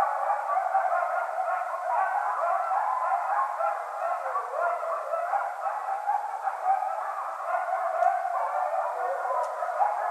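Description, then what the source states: Coyotes in chorus: many overlapping yips, wavering howls and yelps run continuously for the whole stretch, with a few faint high clicks. Several coyotes, 14 January 2012.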